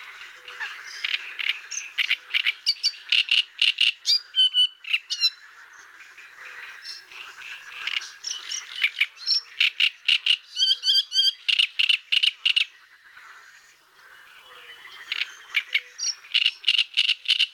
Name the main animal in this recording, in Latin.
Acrocephalus arundinaceus